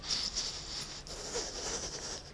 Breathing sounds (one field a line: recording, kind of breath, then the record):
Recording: one breath in and out by a microphone near the nose and mouth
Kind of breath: strong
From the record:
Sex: male